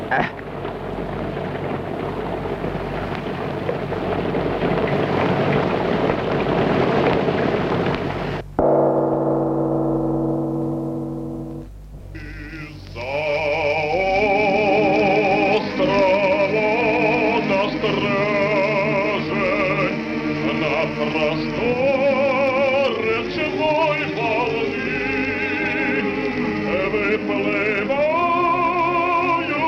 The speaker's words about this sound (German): Na, vorläufig regnet's noch. Und wie?